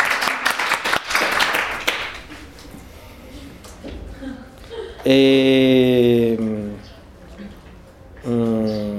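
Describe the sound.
A short burst of classroom applause during an Esperanto lesson at UNAM, many hands clapping quickly at the start, then fading into voices talking and a few drawn-out, sung-sounding vocal tones.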